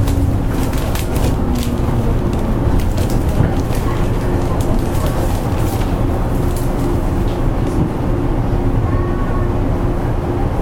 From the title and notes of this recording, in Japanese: JR103系 天王寺から大阪まで 環状線外回り。JR103系電車の走行音です。JR西日本の環状線外回りにて収録しました。